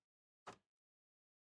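A socketed DIP memory chip on a vintage Franklin Ace computer motherboard, found not fully seated, is pressed down into its socket. A single short, sharp hit sounds at 0.5 s and fades within about 0.2 s, with silence before and after. The chip is seated home in its socket.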